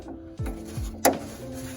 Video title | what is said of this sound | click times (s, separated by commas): C8 CORVETTE STRAIGHT PIPE EXHAUST AND HIGH FLOW CATS INSTALL!! PART 3!! | once you hear that click you're going to push down and pull simultaneously to remove the valve | 1.1 s